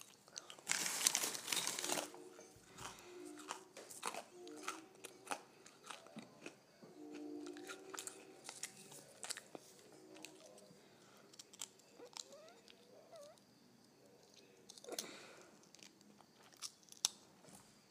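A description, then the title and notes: Someone crunches on potato chips, with a loud bag rustle or big crunch near the start and another burst around 15 seconds. Between them come dense, irregular crisp cracks and snaps, with softer chewing and occasional low squeaks running underneath. Crunching on Potato Chips.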